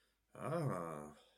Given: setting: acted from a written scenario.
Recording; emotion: vocal sound without words; desire